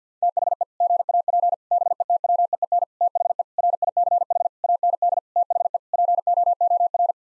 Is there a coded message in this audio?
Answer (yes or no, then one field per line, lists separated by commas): yes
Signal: Morse code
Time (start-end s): 0.2-7.1 s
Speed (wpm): 50 wpm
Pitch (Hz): 700 Hz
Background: none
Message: THE GAP BETWEEN THE RICH AND THE POOR